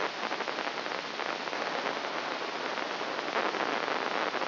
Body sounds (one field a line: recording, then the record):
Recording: brain microelectrode recording played as sound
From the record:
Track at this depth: inside the subthalamic nucleus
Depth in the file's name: 3.908 mm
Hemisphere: left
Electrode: 2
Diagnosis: Parkinson's disease